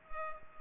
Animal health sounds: mosquito wingbeat signal from an infrared sensor; Culex pipiens

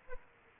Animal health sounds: mosquito wingbeat signal from an infrared sensor; Aedes aegypti

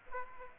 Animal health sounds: mosquito wingbeat signal from an infrared sensor; Aedes aegypti

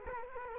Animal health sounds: mosquito wingbeat signal from an infrared sensor; Culex quinquefasciatus

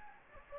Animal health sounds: mosquito wingbeat signal from an infrared sensor; Anopheles gambiae

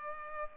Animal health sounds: mosquito wingbeat signal from an infrared sensor; Culex pipiens

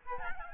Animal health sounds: mosquito wingbeat signal from an infrared sensor; Aedes albopictus

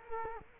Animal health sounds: mosquito wingbeat signal from an infrared sensor; Culex quinquefasciatus

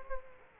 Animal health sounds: mosquito wingbeat signal from an infrared sensor; Culex quinquefasciatus

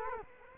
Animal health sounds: mosquito wingbeat signal from an infrared sensor; Culex quinquefasciatus

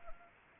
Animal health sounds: mosquito wingbeat signal from an infrared sensor; Anopheles gambiae

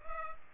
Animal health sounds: mosquito wingbeat signal from an infrared sensor; Culex pipiens

